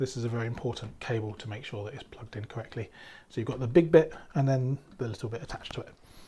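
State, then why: Not seated. A 24-pin ATX main motherboard power cable, a big connector with a smaller section attached, is being handled before it is pushed into its motherboard socket while someone talks. Nothing has seated or clicked yet.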